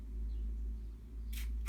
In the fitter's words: go okay you hear that satisfying clicking noise